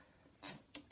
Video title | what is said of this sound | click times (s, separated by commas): Dad Installs Legrand Adorne Dimmer Switch (No Neutral Wire Fix) | and push you'll hear the clicks | 0.8 s